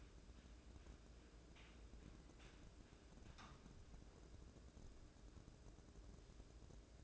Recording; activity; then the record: daily activity, microphone in the room; wipe stove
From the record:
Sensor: 2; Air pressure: 1012.2 hPa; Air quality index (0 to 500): 154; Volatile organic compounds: 2 ppm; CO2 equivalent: 1130 ppm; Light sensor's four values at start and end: 380/948/381/395 and 376/938/377/391